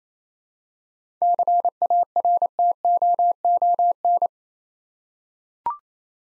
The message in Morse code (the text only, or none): CARTOON